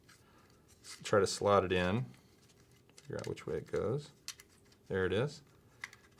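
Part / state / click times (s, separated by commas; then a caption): micro SD card into a quadcopter card slot / seated / 5.8 s. A plastic micro SD card is pushed into the spring-loaded card slot on a toy quadcopter while someone talks. After a few faint scrapes during the fitting, a sharp click at 5.8 s marks the card latching into place.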